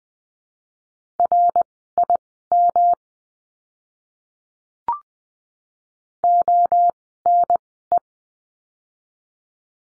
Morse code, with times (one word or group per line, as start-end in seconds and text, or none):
1.2-2.9 RIM
6.2-8.0 ONE